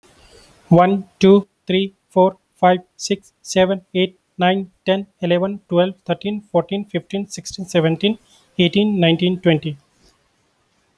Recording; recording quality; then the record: counting at a fast pace; excellent, no background noise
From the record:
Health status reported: healthy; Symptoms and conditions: none ticked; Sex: male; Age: 35 years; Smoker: not ticked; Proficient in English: yes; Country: India